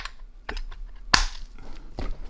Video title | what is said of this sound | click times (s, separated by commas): CATASTROPHIC Internal Damage to this Matco 3/4" Impact! | There you go, and that snaps into place. | 1.1 s